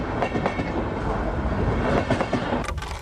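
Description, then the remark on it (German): A train clatters along the rails, a steady low rumble broken by regular rhythmic clacks, with a brief burst of brighter hissing noise near the end. “Mit dem ersten Zug.”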